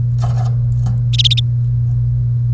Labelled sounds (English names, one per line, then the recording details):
Domestic Canary song
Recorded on 1 May 2018 at 10:01
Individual llb3